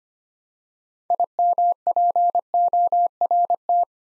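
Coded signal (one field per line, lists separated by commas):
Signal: Morse code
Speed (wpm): 25 wpm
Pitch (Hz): 700 Hz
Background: none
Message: IMPORT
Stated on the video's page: Morse practice, 25 wpm, 9-letter words built 3 letters at a time.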